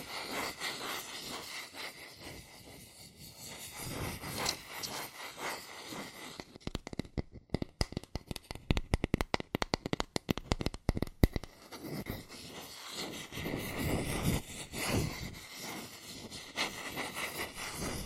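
Fingers scratch, rub and trace over cardboard and paper in a dense, gritty wash that swells and eases. Between about 7 and 11 seconds the texture breaks into a run of fast, sharp taps, then the steady scratching and tracing returns to the end.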